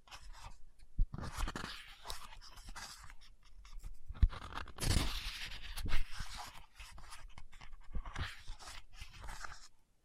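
Fingers tap, scratch and rustle over a book, with sharp knocks near the first second and again around four and six seconds. A louder, brighter swish of a page turning fills the middle, while soft scratching continues in irregular bursts throughout.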